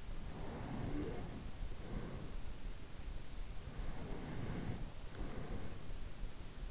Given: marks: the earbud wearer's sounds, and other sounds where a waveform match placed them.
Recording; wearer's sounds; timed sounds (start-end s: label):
sounds in sleep by an in-ear microphone; breath
0.37-2.57 s: breath
3.67-5.93 s: breath